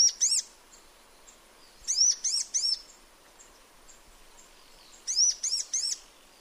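Sunbird chirps, high and sharp, in short runs of two to four notes separated by pauses.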